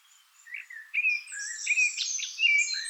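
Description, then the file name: Eurasian blackcap song: short scratchy warbling notes followed by clearer whistled phrases, rising in loudness toward the end. "Sylvia atricapilla"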